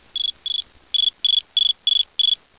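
Cricket chirping: seven short, bright, even pulsed chirps, each about a sixth of a second long, spaced about three per second with one longer gap after the second chirp, with a quiet background.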